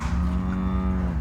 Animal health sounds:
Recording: contact call of a hoofed animal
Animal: cattle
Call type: low-frequency (closed-mouth) or high-frequency (open-mouth) call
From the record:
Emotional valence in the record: negative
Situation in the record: full separation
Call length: 1.20 s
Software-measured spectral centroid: 1450 Hz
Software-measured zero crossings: 560 a second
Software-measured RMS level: -24 dBFS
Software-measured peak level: -14 dBFS

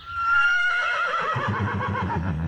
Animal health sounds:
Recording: contact call of a hoofed animal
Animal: horse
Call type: whinny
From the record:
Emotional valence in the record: positive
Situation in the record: reunion with the whole group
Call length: 2.5 s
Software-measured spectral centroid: 1570 Hz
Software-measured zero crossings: 2150 a second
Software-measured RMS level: -24 dBFS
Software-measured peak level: -11 dBFS

